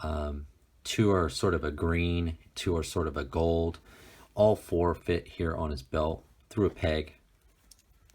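Someone talks while handling a small plastic weapon accessory, one of four (two green, two gold), bringing it to a peg on a 1/18 action figure's belt. A few faint, quiet taps come near the end, but nothing has seated or clicked yet.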